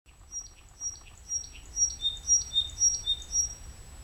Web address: mountain wagtail wagtail bird call